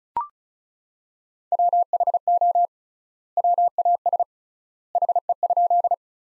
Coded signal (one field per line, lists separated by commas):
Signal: Morse code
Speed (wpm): 34 wpm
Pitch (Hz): 700 Hz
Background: none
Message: WHO WAS HE?